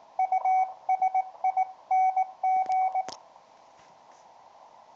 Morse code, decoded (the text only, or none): USING